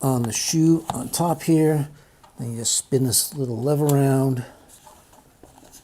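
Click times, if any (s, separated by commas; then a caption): none. Someone talks while an Accsoon SeeMo adapter sits in the hot shoe on top of a DSLR and its small shoe-mount locking lever is spun around. After the talking, two faint, soft handling sounds come near the end. The lever has not locked and nothing has seated or clicked yet.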